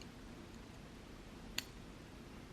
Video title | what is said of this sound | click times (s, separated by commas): Cartier Small Love Bracelet Unboxing and Full Review: Weight, Size, Comparison to JUC - OxanaLV | hear that click | 1.6 s